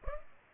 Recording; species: mosquito wingbeat signal from an infrared sensor; Culex pipiens